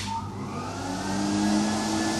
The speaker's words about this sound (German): Geht der Staubsauger rein? Ja, bitte, steckt man halt gleich neu an, nicht? Der saugt wie der Teufel.